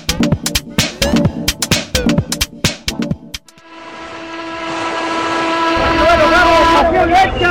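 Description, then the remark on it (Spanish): After a burst of sharp, rhythmic knocking, the engine of a passenger launch setting out on a boat ride starts up and builds steadily louder, its droning hum climbing in pitch as it revs. “Última lancha que sale, nos vamos, para que no más.”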